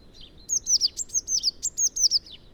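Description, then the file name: Eurasian blue tit calling: a quick run of several high, thin, down-slurred notes, each clipped and bright. "Cyanistes caeruleus"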